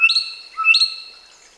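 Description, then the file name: Common hill myna giving two loud, clear whistled calls in quick succession, each a bright ringing note with a high overtone, fading away after the second. "Gracula religiosa"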